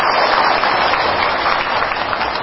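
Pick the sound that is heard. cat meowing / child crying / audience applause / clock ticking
audience applause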